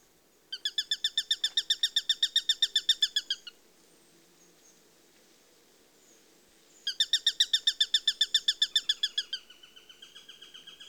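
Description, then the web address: Eurasian sparrowhawk calls: two rapid bursts of harsh, even kek notes, each lasting a few seconds, the second trailing into a softer series. "The BBC Sound Effects Library. Sparrowhawk (Accipiter Nisus)"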